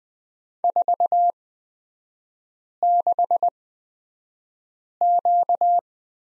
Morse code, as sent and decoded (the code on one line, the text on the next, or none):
....- -.... --.-
46Q